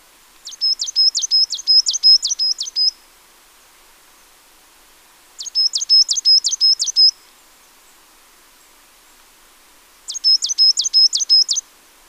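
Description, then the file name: Marsh tit calls: three bursts of rapid, repeated high notes, each a sharp downward stroke with a brief whistled tail, spaced several seconds apart over quiet background. "Poecile palustris"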